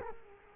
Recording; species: mosquito wingbeat signal from an infrared sensor; Culex quinquefasciatus